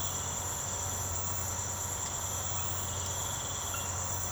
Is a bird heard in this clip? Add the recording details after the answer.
no. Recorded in secondary vegetation near Puerto Asís, Putumayo, Colombia, on 24 March 2025 at 04:30. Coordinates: 0.468, -76.324. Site G059